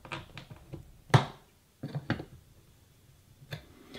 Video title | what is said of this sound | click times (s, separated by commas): Lenovo ThinkPad T14 Gen 2: RAM Upgrade Full Walkthrough | you'll notice there I've taken this out now you'll hear a little click | 1.1 s